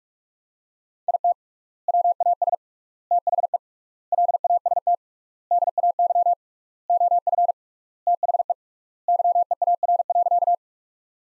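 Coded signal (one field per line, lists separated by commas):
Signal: Morse code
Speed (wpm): 46 wpm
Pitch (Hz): 700 Hz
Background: none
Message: IT WAS THE LAST DAY OF THE YEAR.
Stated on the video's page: Computer-generated Morse practice of sentences from the top 300 words at 45 wpm, sent with 3x standard word spacing, a word-level Farnsworth-like method.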